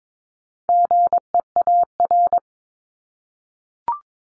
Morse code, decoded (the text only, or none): GEAR